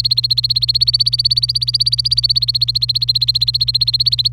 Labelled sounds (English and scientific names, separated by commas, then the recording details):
Domestic Canary (Serinus canaria) song
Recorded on 26 April 2018 at 06:54
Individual llb3